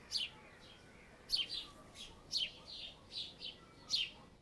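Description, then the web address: Bird chirps: bright high notes sounding in short bursts about once a second, each a quick descending pair, over quiet background hiss. Ambience of several birds in a yard. "NS Studios - ultra sound collection ambience birds in a yard"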